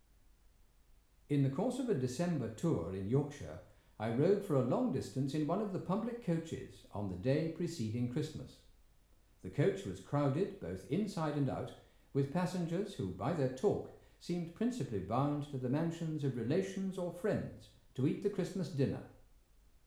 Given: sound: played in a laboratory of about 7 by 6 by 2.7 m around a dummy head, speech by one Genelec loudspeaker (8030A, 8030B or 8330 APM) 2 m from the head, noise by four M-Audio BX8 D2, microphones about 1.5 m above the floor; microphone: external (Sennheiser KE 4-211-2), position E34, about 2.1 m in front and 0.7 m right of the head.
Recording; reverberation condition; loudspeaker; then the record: male speech in English; medium; 30 degrees to the right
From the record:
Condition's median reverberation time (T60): about 510 ms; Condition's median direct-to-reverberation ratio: about -0.5 dB